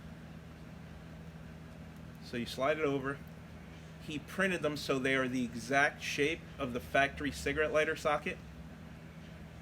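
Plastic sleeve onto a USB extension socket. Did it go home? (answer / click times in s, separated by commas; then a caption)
no / none. A 3D-printed plastic sleeve, shaped like the factory cigarette lighter socket, is held and lined up on the notches of a USB extension socket before being slid over it. Someone talks over a steady low hum, with no hits or impacts. Nothing has seated or clicked yet.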